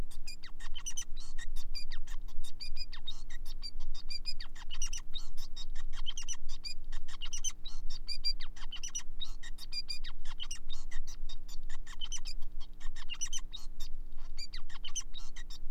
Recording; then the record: song of a male Bengalese finch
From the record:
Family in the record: son of father 5